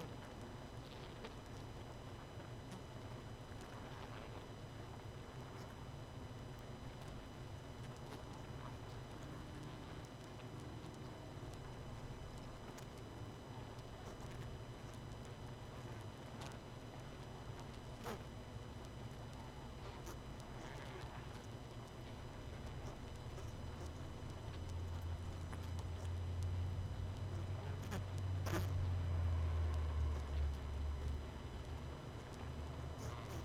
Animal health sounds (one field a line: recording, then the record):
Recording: honeybee colony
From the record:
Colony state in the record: missing queen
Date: 31 May 2018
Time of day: 22:42